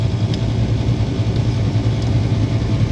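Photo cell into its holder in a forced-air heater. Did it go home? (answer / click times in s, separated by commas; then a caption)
yes / 0.3 s. The cleaned photo cell (flame sensor) of a forced-air kerosene heater is pushed back into its holder and seats with a single short, sharp click at 0.3 s. A steady low hum runs underneath throughout.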